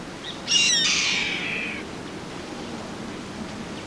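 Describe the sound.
Bird giving a single grating screech of about a second, noisy and broad, that fades away slowly. After it there is only steady background noise.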